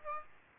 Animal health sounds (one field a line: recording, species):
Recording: mosquito wingbeat signal from an infrared sensor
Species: Aedes aegypti